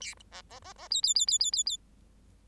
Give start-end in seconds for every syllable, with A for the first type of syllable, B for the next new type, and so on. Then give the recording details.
0.00-0.14 A, 0.31-0.41 B, 0.49-0.59 B, 0.62-0.73 B, 0.76-0.88 B, 0.90-1.01 C, 1.02-1.14 C, 1.15-1.26 C, 1.27-1.38 C, 1.40-1.51 C, 1.52-1.63 C, 1.66-1.77 C. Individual Bird8